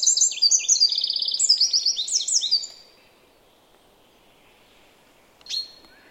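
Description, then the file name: Eurasian wren song, a fast, loud, high-pitched run of trills and rattling phrases lasting under three seconds, then quiet with a single sharp call note near the end. "Troglodytes troglodytes"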